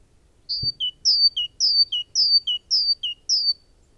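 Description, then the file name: Great tit song: clear two-note phrases, a high whistle dropping to a lower note, repeated steadily about six times with a single soft thump near the start. "Parus major"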